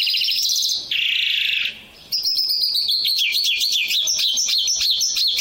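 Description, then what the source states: Bimaculated lark song, a loud high trill followed by a rapid wavering, warbling phrase that rises and falls repeatedly, with clicking notes in between. Russia.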